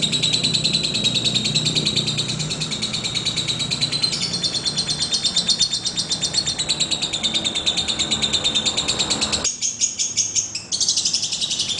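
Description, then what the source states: Lovebird chattering song, a dense, continuous stream of high, scratchy chirps and trills over a low hum. Lovebird named Putri Mentaya.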